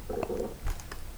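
A soft, warbling gurgle lasts about half a second, followed by a dull low thud, with faint room noise behind it. These are ordinary stomach rumbles (borborygmi) from gas and fluid moving through an adult's empty gut, from hunger after not eating all day.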